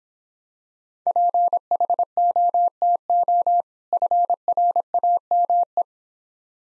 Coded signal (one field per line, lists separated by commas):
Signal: Morse code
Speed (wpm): 26 wpm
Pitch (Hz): 700 Hz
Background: none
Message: PHOTO FRAME